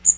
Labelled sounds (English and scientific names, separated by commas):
Magnolia Warbler (Setophaga magnolia) flight call